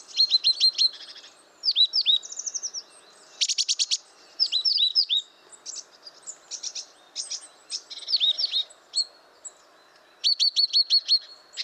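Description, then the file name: Great tit calling, with quick series of high downslurred notes alternating with dry buzzy chatter bursts, repeated many times in a busy, irregular rhythm. "Parus major"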